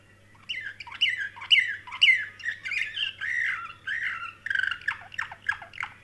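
Canary singing harsh, buzzy swooping notes and rattled phrases, ending in a few sharp downward chirps; faint low hum throughout.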